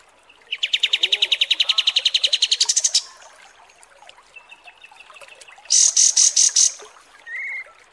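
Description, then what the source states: Kapas tembak song opening with a rapid, even trill of high pulses for about two and a half seconds, then a burst of five sharp notes and a short lower note. Masteran training recording of kapas tembak song.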